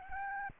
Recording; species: mosquito wingbeat signal from an infrared sensor; Aedes albopictus